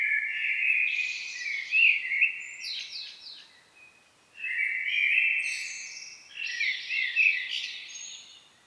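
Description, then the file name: Common blackbird singing two rich, warbled phrases in a row, each opening with low fluting notes and breaking into high, scratchy twittering. "Turdus merula"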